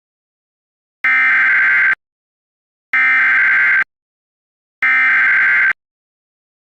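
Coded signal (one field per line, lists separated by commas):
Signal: Emergency Alert System (SAME) tones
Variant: header bursts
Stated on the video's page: Fictional EAS scenario, a simulated malfunction.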